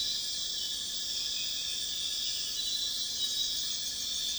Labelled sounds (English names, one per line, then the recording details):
none
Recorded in dense forest near Puerto Asís, Putumayo, Colombia, on 21 February 2024 at 02:00
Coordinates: 0.502, -76.324
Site G6370